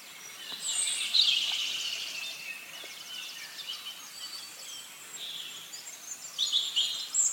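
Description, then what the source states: Wood warbler song: high, thin trilling phrases. Song likened to a spinning coin; bird 30 or 40 yards ahead in pines and tall ashes among old Douglas firs; dawn chorus walk, mid-May, dry, Blorenge Mountain, Monmouthshire, Brecon Beacons.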